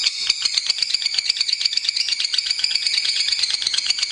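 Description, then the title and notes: Lovebird chattering song, a fast, unbroken high rattle of pulsed notes with a shrill tone that holds steady throughout. Lovebird ngekek song, long chattering style, used as a bait song (kicau pancingan) to prompt other lovebirds to sing. "suara Master Kicau Lovebird ngekek, kicau pancingan"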